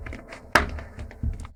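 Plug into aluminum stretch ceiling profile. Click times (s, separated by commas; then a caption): 0.6 s. A plug is pushed into an aluminum stretch-ceiling profile on a second try, after the first push did not go all the way in. A sharp, bright click sounds at 0.6 s over a low background rumble, followed by a softer thump around 1.2 s. The plug is seated and locked in place.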